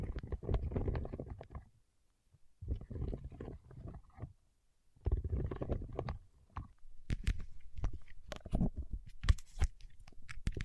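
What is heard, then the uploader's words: Fingertips press and pull on wax in sticky, crackling bursts, heavy in the low end, with brief silences near two and five seconds. From about seven seconds the handling gets busier, adding sharp, bright clicks and snaps that recall chewing or biting. ASMR with Wax Fingertips for Sleep (No Talking).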